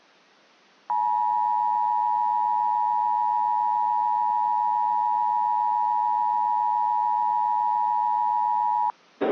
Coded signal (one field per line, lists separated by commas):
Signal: Emergency Alert System (SAME) tones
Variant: 853 and 960 Hz attention tone